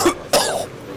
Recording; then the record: coughing mixed with background sound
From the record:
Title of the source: Coughing 79